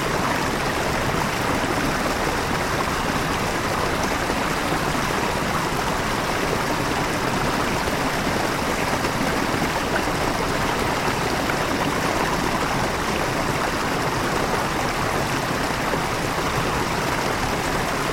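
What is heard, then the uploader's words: A gentle stream flows steadily and densely throughout, a constant rush of water with bright hiss and soft low rumble, unchanging. Relaxing Running Water in Nature. Sound of a gentle flowing stream.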